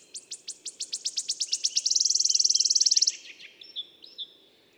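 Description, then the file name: Wood warbler singing a quickening series of sharp ticks that merges into a loud, dry, shivering trill, followed by a few softer scattered notes. "Pouillot siffleur"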